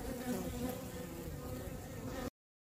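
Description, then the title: Honey bees giving a soft, even hive drone with a low buzzing texture for about two seconds before it cuts off to silence. Honey bees inside a hive on day 28 after the colony was settled. "Beetrine, Tag 28 nach Besiedelung"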